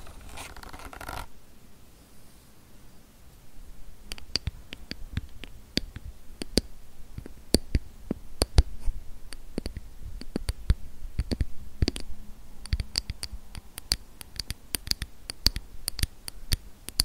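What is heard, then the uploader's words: Crisp tapping and scratching on a camera lens, with sharp clicks arriving irregularly, sometimes in quick clusters, from about four seconds onward. A brief rustling burst opens the clip, followed by a quiet pause. Soft scraping and a faint low hum sit underneath. ASMR Tingly Lens Tapping, Camera Scratching & Brushing Personal Attention.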